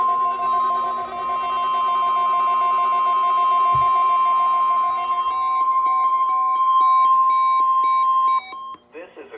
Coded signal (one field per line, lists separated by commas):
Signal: Emergency Alert System (SAME) tones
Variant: 1050 Hz attention tone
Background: speech, music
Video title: CRP Required Weekly Test on WXK26 & KBNL (EAS 596-597) - 07/20/2022